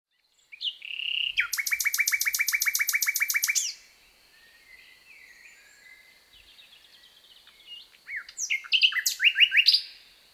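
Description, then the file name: Common nightingale song: a brief opening note, then a loud, rapid run of about twenty identical notes, softer varied twitters, and a fast burst of sharp repeated notes to end. "Luscinia megarhynchos"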